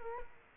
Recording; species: mosquito wingbeat signal from an infrared sensor; Culex quinquefasciatus